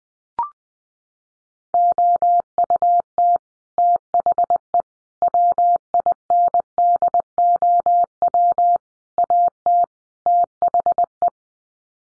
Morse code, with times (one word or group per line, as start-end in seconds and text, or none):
1.7-3.4 OUT
3.8-4.8 THE
5.2-8.8 WINDOW
9.2-9.8 AT
10.3-11.3 THE